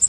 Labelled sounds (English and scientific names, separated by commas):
Yellow Warbler (Setophaga petechia) flight call